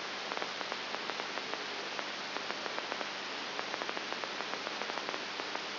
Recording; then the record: brain microelectrode recording played as sound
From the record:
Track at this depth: outside the subthalamic nucleus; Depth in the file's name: 6.9 mm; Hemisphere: right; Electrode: 3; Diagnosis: Parkinson's disease